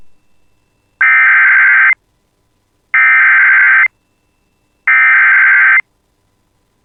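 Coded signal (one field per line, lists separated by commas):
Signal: Emergency Alert System (SAME) tones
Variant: header bursts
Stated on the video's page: Real EAS alert from the National Weather Service, a Severe Thunderstorm Warning.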